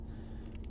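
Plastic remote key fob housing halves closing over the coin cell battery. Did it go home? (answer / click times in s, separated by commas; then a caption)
yes / 0.6 s. The two plastic halves of a 2022–2024 Honda Civic remote key fob housing are squeezed together by hand over a newly replaced CR2032 coin cell battery, against a low steady hum. Two short, sharp clicks at 0.6 s and 0.6 s (0.55 and 0.64 s) mark the case halves snapping shut and seating.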